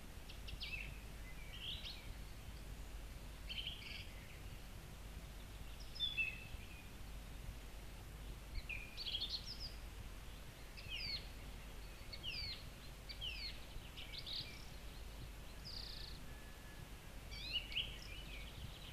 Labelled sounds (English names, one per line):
Song Thrush song